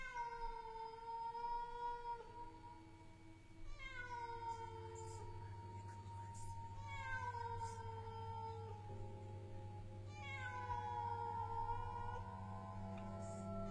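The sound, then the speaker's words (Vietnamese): A cat tied to a house post at night yowls and meows repeatedly in long, drawn-out, wavering cries, several rising and falling calls in a row over a steady low hum, loud and mournful with no talking. “Con mèo cứ thế mà kêu gióng theo thầy, nghe trong đêm đến nao hết cả lòng.”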